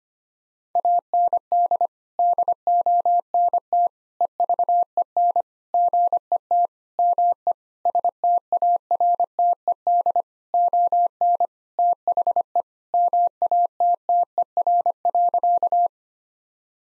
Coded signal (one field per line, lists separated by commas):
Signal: Morse code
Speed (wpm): 25 wpm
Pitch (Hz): 700 Hz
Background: none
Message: AND DONT EVEN GET ME STARTED ON THE MATTER.